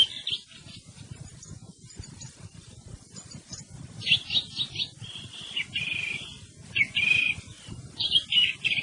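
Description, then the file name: Thrush song: a few faint notes, then a sequence of varied phrases in the second half, separated by short gaps, over steady low noise. "TORDO"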